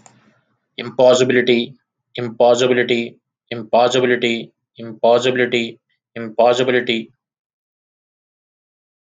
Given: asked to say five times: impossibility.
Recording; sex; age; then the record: repeated word; male; 30 to 39 years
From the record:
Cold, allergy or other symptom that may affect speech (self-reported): no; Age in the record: 30 years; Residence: Georgia, United States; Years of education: 18